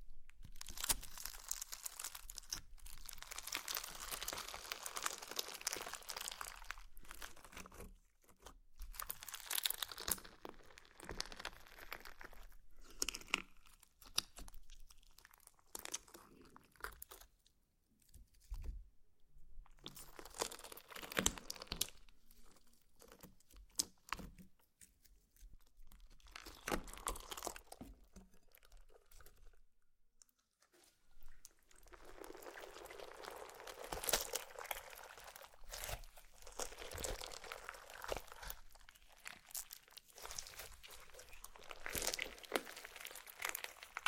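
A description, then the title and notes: Slime being handled: bursts of crunchy, crackling squishes come and go, with quiet pauses near 18 and 30 seconds, busiest toward the end. ASMR SLIME! 5 Satisfying Slimes.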